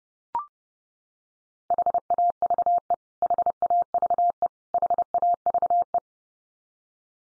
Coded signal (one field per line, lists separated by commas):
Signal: Morse code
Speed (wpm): 30 wpm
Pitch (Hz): 700 Hz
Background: none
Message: HAVE HAVE HAVE